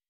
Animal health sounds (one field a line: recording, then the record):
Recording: hydrophone in a shrimp aquaculture tank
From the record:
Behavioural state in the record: weakened